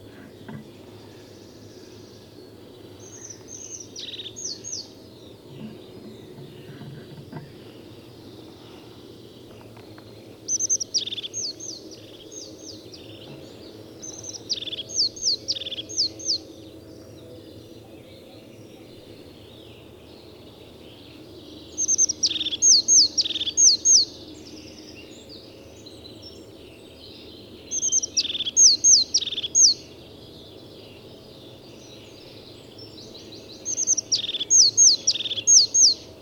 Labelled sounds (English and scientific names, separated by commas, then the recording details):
European Crested Tit (Lophophanes cristatus) song
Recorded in the wild
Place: Parchtitz, Insel Rügen, Mecklenburg-Vorpommern, DE
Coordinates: 54.342, 13.555
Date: 1976-05-08
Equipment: Nagra III BH, Sennheiser MD 21, parabola
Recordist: Schubert, Michael